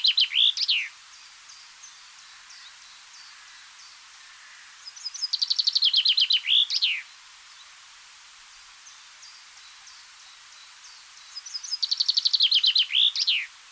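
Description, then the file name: Common chaffinch songs, fast descending trills with an ending flourish, heard twice in full after the tail of an earlier song, over a constant hissing background. "Fringilla coelebs"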